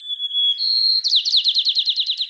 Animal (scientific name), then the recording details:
Zonotrichia leucophrys. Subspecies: nuttalli. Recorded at Lobos Dunes, California, in 2014. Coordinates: 37.789, -122.477. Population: north. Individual LODU-YWW-S_14